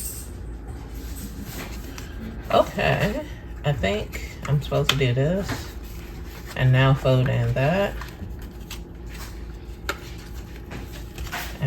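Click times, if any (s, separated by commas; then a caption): 9.9 s. Someone talks while folding a plastic panel of a doll furniture kit and pushing it down into its slot in the frame. A sharp snap at 9.9 s marks the panel seating in place, with a few quieter handling clicks around it.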